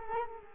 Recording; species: mosquito wingbeat signal from an infrared sensor; Culex quinquefasciatus